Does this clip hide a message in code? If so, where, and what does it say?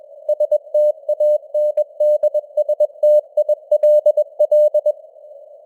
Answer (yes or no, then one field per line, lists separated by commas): yes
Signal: Morse code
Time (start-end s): 0.3-4.9 s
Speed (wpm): 21 wpm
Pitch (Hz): 600 Hz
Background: none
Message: STANDSTILL